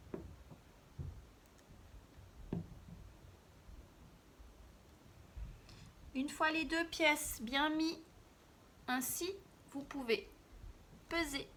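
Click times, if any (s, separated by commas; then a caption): none. The two halves of a snap fastener are lined up in a hand setting tool on fabric before pressing. Only light handling ticks are heard, around 0.1 s and 2.5 s, followed by someone talking from about 6 s. Nothing has seated or clicked yet.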